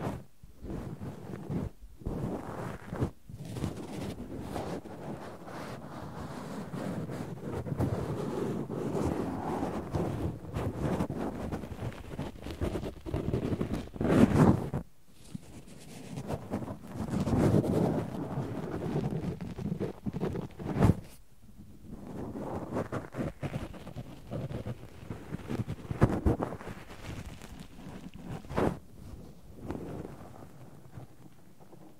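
Cotton rubs and scrapes against the microphone in a dense, steady rustle, heavy in the low and middle range, with some tweezer scraping mixed in. Brief silent breaks cut in around 2, 3, 15, 21 and 29 seconds before the muffled brushing resumes.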